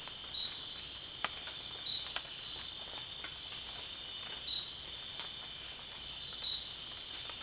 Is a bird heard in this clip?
no